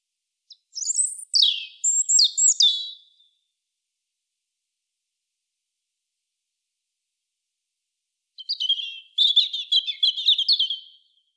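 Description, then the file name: European robin song: two bursts of high, thin, tinkling warbled phrases, each about two to three seconds long, separated by a long silent pause. "Erithacus rubecula"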